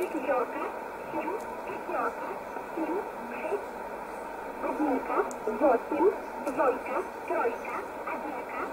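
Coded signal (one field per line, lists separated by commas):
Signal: numbers station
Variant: S11a, Russian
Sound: a muffled voice reading through radio static, words running continuously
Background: radio static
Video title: 01 06 2020 S11a Cherta Numbers station in Russian 0708 on 9339 unknown tx site in USB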